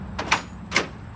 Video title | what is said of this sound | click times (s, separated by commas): Coffman Volvo - Viking comp 2025 - Mike Stamenkovich | Clicks right into place. | 0.3 s, 0.8 s